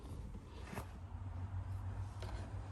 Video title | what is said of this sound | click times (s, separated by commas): Subaru Forester cabin air filter installation, For the ultimate carbon air-purifying experience | so just gently push it to that point until it clicks | 2.2 s